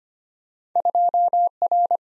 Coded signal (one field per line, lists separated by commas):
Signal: Morse code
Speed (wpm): 25 wpm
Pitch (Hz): 700 Hz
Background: none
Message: 2R